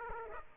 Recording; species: mosquito wingbeat signal from an infrared sensor; Aedes aegypti